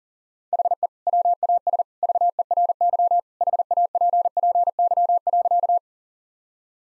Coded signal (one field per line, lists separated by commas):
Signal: Morse code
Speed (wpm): 40 wpm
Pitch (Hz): 700 Hz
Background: none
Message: HE WAS VERY HAPPY.